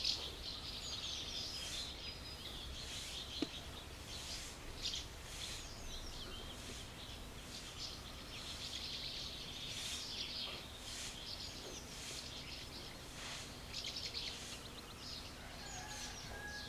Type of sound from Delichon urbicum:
call